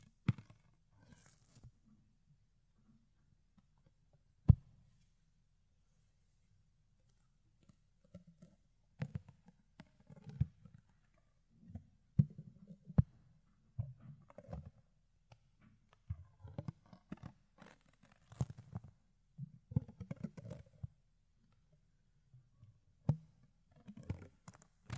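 Fluffy ear cleaning and picking: soft, low rustling scrapes come in short bursts, sparse for the first eight seconds and then busier. Sharp clicks and crackles cut through now and then, the loudest near 4.5, 9 and 23 seconds.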